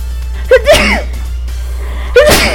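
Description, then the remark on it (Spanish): Two sneezes about a second and a half apart, each starting with a brief voiced intake and then a sharp, breathy burst, over a steady low hum. “Perdón, un pequeño estornudo.”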